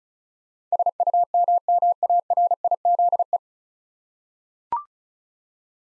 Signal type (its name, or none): Morse code